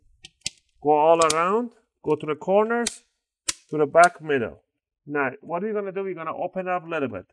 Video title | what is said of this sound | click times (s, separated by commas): HP Laptop 15 EF series laptop 📌 BATTERY Replacement | and push down the corners really hard so you hear those clicks | 0.5 s